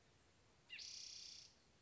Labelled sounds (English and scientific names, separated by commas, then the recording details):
Spotted Towhee (Pipilo maculatus)
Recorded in Sonoma County, California